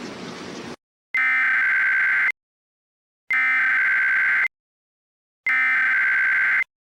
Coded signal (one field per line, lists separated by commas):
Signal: Emergency Alert System (SAME) tones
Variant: header bursts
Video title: EAS Mock II 06/05/12 II this is so rizzler